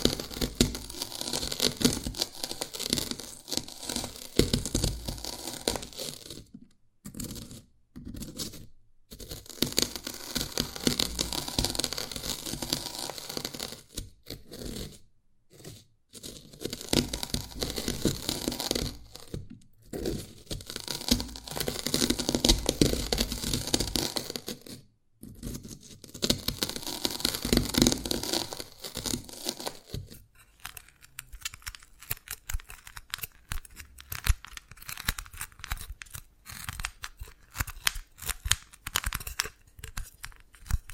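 Dalgona candy being tapped and cracked in dense, crisp bursts with short silent pauses; after thirty seconds the sound turns thinner and scratchier.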